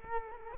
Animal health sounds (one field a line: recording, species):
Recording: mosquito wingbeat signal from an infrared sensor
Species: Culex quinquefasciatus